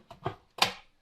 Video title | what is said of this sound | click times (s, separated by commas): I'm Never Using Regular Toilet Paper Again - Tushy Cloud Plus Bidet | So you just go until you hear a snap and you're in. | 0.6 s